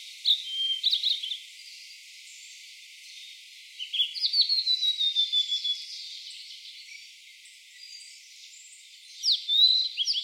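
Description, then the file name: Flycatcher song: three phrases of quick chirps and descending whistled trills, spaced several seconds apart, with faint background hiss between them. "tledekanlaut. omkicau"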